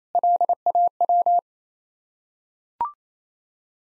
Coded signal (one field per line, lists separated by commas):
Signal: Morse code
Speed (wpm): 28 wpm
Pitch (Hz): 700 Hz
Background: none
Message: LAW